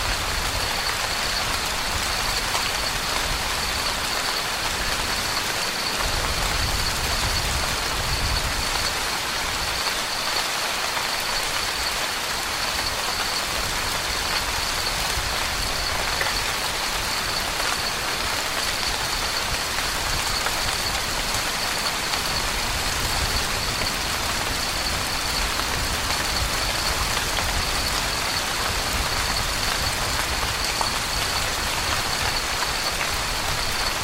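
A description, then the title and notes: Rain falls steadily in a forest, a dense, even hiss of countless drops pattering on leaves and ground, with no pauses or swells. A thin, constant high whine runs faintly underneath, and a soft low rumble comes and goes. Rainy Night in the Forest. The peaceful sound of rain falling in a lush forest. The soothing sound of waterdrops tapping against the leaves and the ground.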